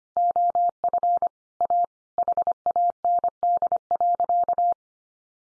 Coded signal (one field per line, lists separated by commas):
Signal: Morse code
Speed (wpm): 25 wpm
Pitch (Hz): 700 Hz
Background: none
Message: OF A HAND.